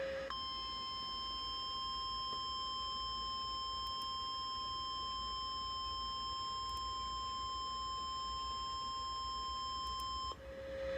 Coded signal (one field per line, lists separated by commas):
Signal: Emergency Alert System (SAME) tones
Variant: 1050 Hz attention tone